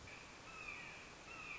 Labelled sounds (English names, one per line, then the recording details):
Red-shouldered Hawk
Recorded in Sonoma County, California